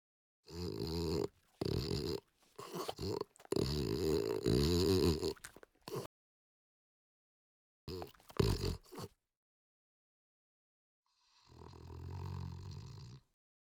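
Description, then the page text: French Bulldog snorting in raspy, throaty bursts, with a long snuffling run in the first six seconds, a few short bursts near eight seconds, then a softer wheezy snort at the end. "French Bulldog Snort Long. Quick Sounds"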